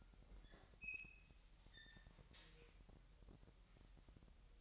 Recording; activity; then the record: daily activity, microphone in the room; open fridge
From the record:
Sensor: 3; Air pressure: 1001.9 hPa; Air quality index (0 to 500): 246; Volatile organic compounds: 51 ppm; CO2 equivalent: 3303 ppm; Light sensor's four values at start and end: 12/36/15/13 and 12/36/16/13